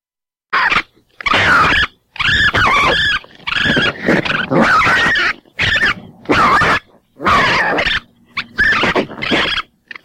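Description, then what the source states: Raccoons fighting, harsh squealing snarls in bursts separated by short silences. Several raccoons fighting.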